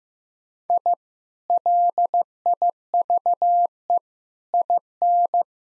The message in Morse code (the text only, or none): I LIVE IN